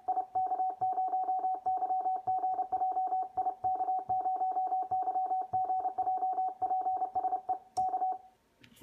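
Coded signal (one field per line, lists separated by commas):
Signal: Morse code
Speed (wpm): 30 wpm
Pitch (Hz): 750 Hz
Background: radio noise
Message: IK0YGJ IK0YGJ PSE K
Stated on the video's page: Solid state CW paddle sending from 20 to 60 WPM.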